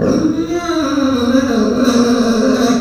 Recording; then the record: squeal of a Yucatan mini pig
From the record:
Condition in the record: after surgery on the right vocal fold (resection and tissue-engineered implant); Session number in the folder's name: 9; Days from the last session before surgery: 65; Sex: female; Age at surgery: 19 weeks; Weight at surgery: 25 kg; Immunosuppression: prednisolone